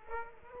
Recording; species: mosquito wingbeat signal from an infrared sensor; Aedes aegypti